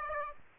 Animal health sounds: mosquito wingbeat signal from an infrared sensor; Aedes aegypti

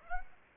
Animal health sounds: mosquito wingbeat signal from an infrared sensor; Aedes aegypti

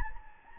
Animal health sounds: mosquito wingbeat signal from an infrared sensor; Anopheles gambiae

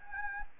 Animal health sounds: mosquito wingbeat signal from an infrared sensor; Anopheles gambiae

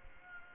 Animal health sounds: mosquito wingbeat signal from an infrared sensor; Aedes aegypti

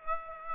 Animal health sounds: mosquito wingbeat signal from an infrared sensor; Aedes aegypti

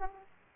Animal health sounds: mosquito wingbeat signal from an infrared sensor; Aedes aegypti

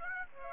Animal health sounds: mosquito wingbeat signal from an infrared sensor; Aedes aegypti

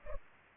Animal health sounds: mosquito wingbeat signal from an infrared sensor; Culex pipiens

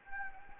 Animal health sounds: mosquito wingbeat signal from an infrared sensor; Anopheles gambiae

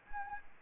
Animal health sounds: mosquito wingbeat signal from an infrared sensor; Anopheles gambiae

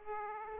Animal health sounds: mosquito wingbeat signal from an infrared sensor; Aedes aegypti

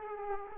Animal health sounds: mosquito wingbeat signal from an infrared sensor; Aedes aegypti

